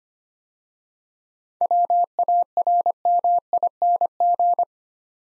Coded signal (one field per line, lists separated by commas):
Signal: Morse code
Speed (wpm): 25 wpm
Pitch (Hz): 700 Hz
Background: none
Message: WARMING